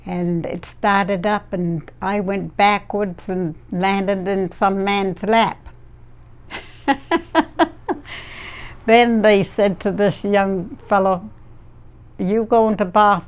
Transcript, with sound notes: And it started up, and I went backwards and landed in some man's lap. [Laughs] Then they said to this young fellow, "You're going to Boston?"